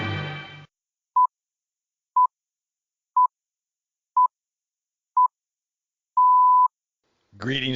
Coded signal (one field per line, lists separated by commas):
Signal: radio time signal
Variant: time pips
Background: speech